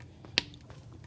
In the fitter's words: You will hear it pop a little bit when it goes into the track, just like that.